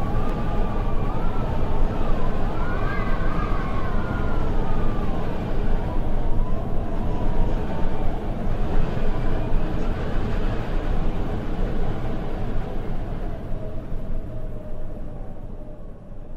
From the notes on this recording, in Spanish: Confesión del viento registrada en la Ruta Provincial 20 de la provincia de La Pampa